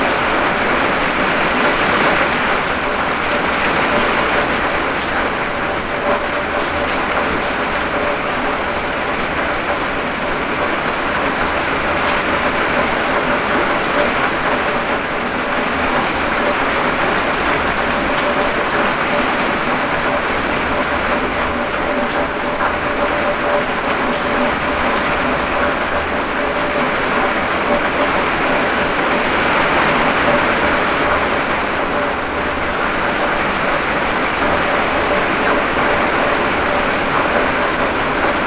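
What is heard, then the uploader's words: Rain falls steadily on a shed roof, a dense, even patter that holds at the same level for the whole stretch. Water trickles and drips beneath it, with a faint low hum running steadily in the background. Rain on a shed. The rainwater tickles onto the shed roof and onto the gutter and runs down the downspout and drips onto the ground.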